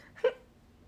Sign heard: Hiccup.